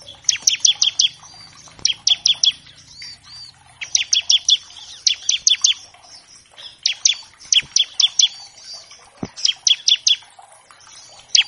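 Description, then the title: Bar-winged Prinia song: repeated bursts of three to five piercing, high chips, about a second apart, with soft warbling notes between the bursts. Gacor (actively singing) ciblek paired with a gacor canary as a master track for training captive birds of all kinds; also a lure to make ciblek sing quickly. "Masteran Ciblek Gacor Vs Kenari Gacor Untuk Masteran Semua Jenis Burung. Pancingan Ciblek bahan agar cepat bunyi. Burung Ciblek"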